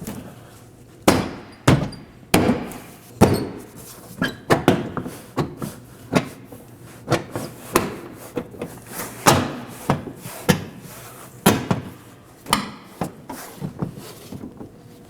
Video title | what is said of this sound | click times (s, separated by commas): How to Replace Rear Park Assist Camera 2018-2024 Chevrolet Equinox | You're going to align it with the latch and press down on all corners until you hear a click. | 1.1 s, 1.7 s, 2.3 s, 4.7 s, 7.8 s, 12.5 s